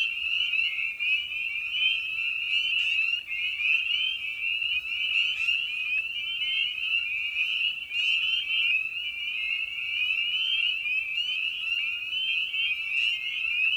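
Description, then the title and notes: Spring peepers calling en masse, countless shrill upslurred peeps merging into one unbroken high-pitched ringing that persists throughout. Evening at a frog pond; tiny amphibian known for its distinctive song. "Episode 5: Night of the Peepers. we return to the frog pond for a meditative evening. Species in Focus: Spring Peeper (Pseudacris crucifer). Ian Carlsen"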